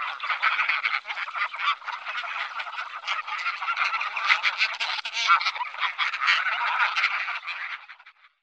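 Greylag goose: greylag geese honking in a dense flock chorus, overlapping nasal calls running continuously throughout before fading at the very end.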